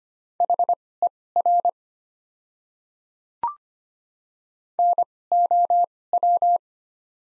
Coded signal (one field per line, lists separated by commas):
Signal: Morse code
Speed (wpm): 25 wpm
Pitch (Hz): 700 Hz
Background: none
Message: HER NOW